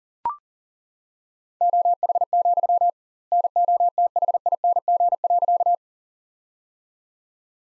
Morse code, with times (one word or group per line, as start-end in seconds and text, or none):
1.6-2.9 OH,
3.3-5.8 NOTHING.